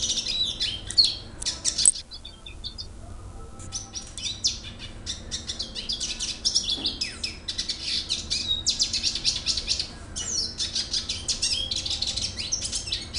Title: Pavanegra. cardenalito cantando